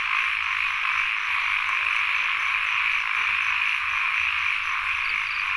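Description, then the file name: Frogs croaking in low pulses beneath an unbroken, shimmering insect buzz; occasional short faint tones sound in the middle range. Field recording of frogs and insects at Sen Monorom, Cambodia. "Les Cartes Postales Sonores - Insects Frogs of Sen Monorom"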